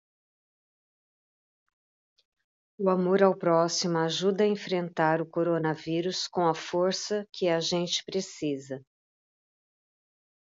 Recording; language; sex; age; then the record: spoken sentence; Brazilian Portuguese; female; 50 to 59 years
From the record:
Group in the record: control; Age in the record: 58 years